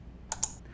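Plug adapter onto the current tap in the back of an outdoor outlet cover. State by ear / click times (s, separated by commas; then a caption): seated / 0.3 s, 0.4 s. A plastic plug adapter is pressed onto the current tap in the back of a plastic Pass & Seymour Slimline outdoor while-in-use outlet cover. Two sharp clicks are heard at 0.3 s and 0.4 s over a quiet background, and the adapter is seated on the tap.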